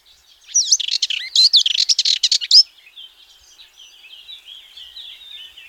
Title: Sylvain Jaskowiak - Mes piafs. Fauvette mélanocéphale